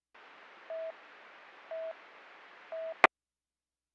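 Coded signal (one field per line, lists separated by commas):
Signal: none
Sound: police radio talk beeps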